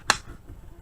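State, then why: Seated. A metal detachable magazine is pushed into the magazine well of a rifle with the bolt closed and latches into place with one loud, sharp snap at 0.1 s. Afterward only faint low background noise remains, and the magazine is seated.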